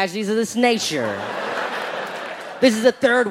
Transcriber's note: soundbite of laughter